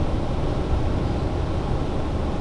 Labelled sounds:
none
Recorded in Germany
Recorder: ecoPi

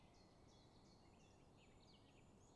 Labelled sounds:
Eurasian Blackcap
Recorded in Germany
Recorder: ecoPi

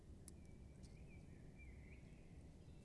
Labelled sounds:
Common Blackbird
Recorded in Germany
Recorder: ecoPi

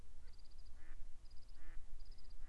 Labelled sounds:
Mallard
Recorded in Germany
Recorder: ecoPi

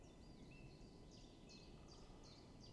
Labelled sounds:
Common Chiffchaff
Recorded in Germany
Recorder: ecoPi

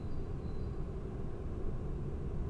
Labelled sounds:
Great Tit
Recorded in Germany
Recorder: ecoPi

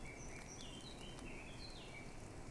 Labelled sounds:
Eurasian Blackcap
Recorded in Germany
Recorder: ecoPi

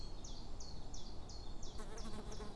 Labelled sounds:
Common Chiffchaff
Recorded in Germany
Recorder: ecoPi

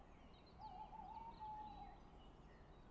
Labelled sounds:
Tawny Owl
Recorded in Germany
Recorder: ecoPi

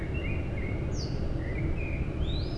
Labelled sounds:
Common Blackbird
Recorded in Germany
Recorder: ecoPi

